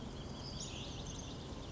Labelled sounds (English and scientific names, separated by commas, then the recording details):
Western Flycatcher (Empidonax difficilis)
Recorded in Sonoma County, California